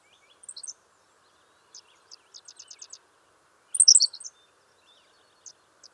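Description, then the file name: Henslow's sparrow singing one brisk, high, sputtering hiccup phrase, with faint thin chirps and a quick run of ticking notes before it. "Ammodramus henslowii - Henslow's Sparrow"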